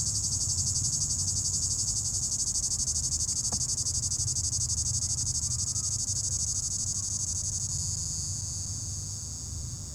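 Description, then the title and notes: Cicada call, a loud pulsed high buzz about four beats per second, gradually fading in the last seconds, with low background rumble. Cicada in an apple tree at the top of a hill near Chindrieux, France; 32° heat; road traffic nearby; recorded with a Zoom H4n Pro, preamp level 100. "3029 Rte d'Aix, Chindrieux, France - cigale. Cigale dans un pommier au sommet de la côte de groisin, il fait 32°"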